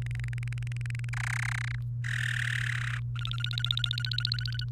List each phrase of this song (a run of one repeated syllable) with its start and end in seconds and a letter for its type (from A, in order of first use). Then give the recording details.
0.02-1.09 A, 1.13-1.75 B, 2.04-2.97 C, 3.16-4.64 D. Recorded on 28 April 2018 at 17:28. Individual llb3